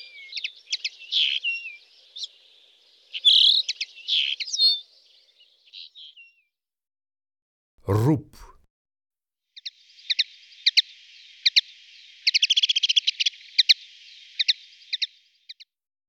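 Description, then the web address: Common linnet singing: high twittering phrases, then a pause broken by a short noise, followed by rapid, even, buzzy trills. "IVN Zangvogels Kneu"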